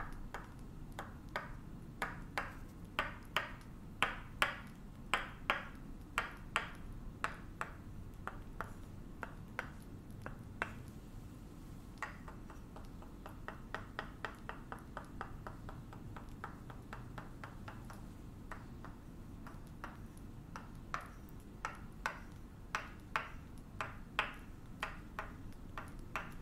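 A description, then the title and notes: A Tok Sen massage, with a wooden hammer tapping steadily on a wedge against the back and neck. The sharp knocks come fast and fairly regularly, a few each second, some in quick bursts, over a constant low rumbling hum. Tok Sen Thai hammer back and neck massage.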